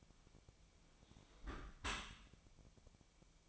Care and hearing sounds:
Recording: daily activity, microphone in the room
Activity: close dishwasher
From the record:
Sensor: 1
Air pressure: 1006.8 hPa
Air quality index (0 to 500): 207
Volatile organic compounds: 23 ppm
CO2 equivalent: 2787 ppm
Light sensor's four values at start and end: 13/33/13/14 and 13/33/13/14

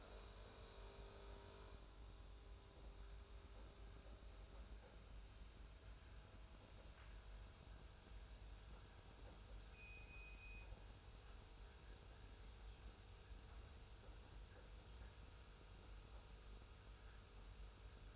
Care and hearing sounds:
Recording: daily activity, microphone in the room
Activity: make coffee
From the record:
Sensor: 2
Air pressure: 991.6 hPa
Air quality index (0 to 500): 188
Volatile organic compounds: 1000 ppm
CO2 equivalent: 6130 ppm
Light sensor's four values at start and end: 32/97/38/36 and 32/97/38/36

